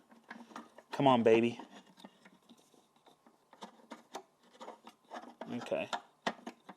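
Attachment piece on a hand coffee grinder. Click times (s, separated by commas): 6.3 s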